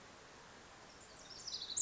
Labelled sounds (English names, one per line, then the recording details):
Pacific Wren
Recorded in Sonoma County, California